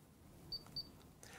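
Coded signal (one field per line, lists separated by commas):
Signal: beep code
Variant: Hunter ROAM receiver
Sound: two short high-pitched beeps over faint clicks and background hiss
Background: clicks, room noise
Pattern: 2 short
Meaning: Command received; the station is being turned on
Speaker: two beeps just means hey I heard you I'm going to turn on that station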